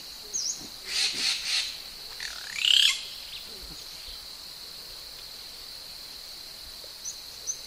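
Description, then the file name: Magpie calling with a quick run of raspy notes, then a louder sweeping note, against a constant high-pitched insect hum. "Canto da pega bronzeada"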